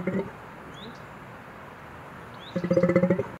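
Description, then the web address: Golden takin calls: a short low pulsed grunt, then after a quiet gap a rapid series of about eight throaty pulses, over faint background hiss. "Golden takin. تاکین-طلایی"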